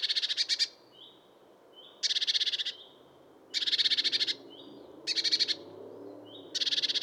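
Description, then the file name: Eurasian blue tit calling, buzzy scolding rattles repeated about every one and a half seconds, with thin high whistled notes between bursts. "Cyanistes caeruleus"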